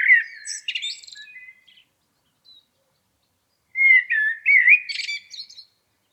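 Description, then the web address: Blackbird, song: a warbled phrase trailing into soft twitters, a pause, then a second fluted phrase with a high squeaky end. "Environmental chamber testing blackbird"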